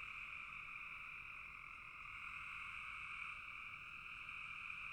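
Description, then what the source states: Frogs in full chorus, a constant shimmering trill that swells slightly and never pauses. Several frogs calling in a bog.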